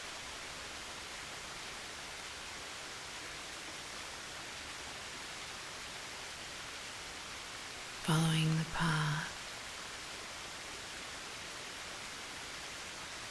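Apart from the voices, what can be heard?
waterfall rushing water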